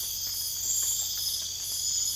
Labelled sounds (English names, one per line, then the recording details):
none
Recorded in secondary vegetation near Puerto Asís, Putumayo, Colombia, on 25 June 2025
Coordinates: 0.488, -76.319
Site G094